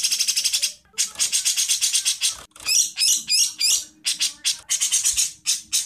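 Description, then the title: Bird giving harsh, buzzy, scratchy chattering bursts in quick series, broken by brief pauses. Masteran recording, used for training songbirds. "Suara masteran Burung"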